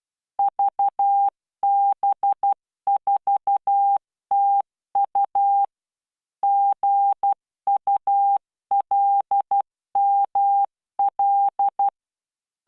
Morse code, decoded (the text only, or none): VB4TU GULML